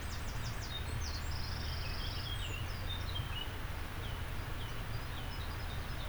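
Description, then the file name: Eurasian wren singing: high, rapid trills and a sustained buzzy run of notes mixed with quick twittering phrases, over a steady low rumble. "Troglodytes troglodytes"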